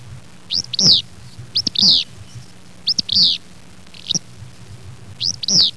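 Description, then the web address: Bird calls: sharp arched chirps, often paired, repeated several times, with a faint low hum underneath. "特酷声音素材库 动物 鸟 Bird"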